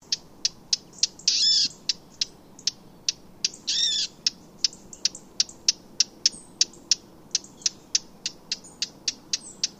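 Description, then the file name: Eurasian blackcap giving hard clicking tack notes in a fast, steady series, broken twice by short harsh buzzy bursts, over a low constant background hiss. "Sylvia atricapilla"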